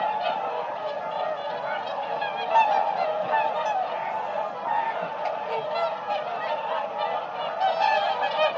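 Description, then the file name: Whooper swans calling as a flock, dense overlapping honking and bugling notes running without pause, a steady chorus with brighter trumpeting bursts near the middle and end. "audio hero Bird Whooper Swan"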